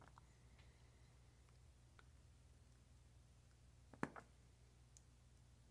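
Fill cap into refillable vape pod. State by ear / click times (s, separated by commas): seated / 4.0 s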